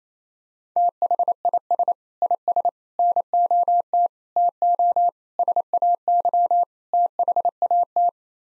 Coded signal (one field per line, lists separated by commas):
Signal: Morse code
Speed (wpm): 28 wpm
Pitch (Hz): 700 Hz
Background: none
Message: THIS IS NOT TO SAY THAT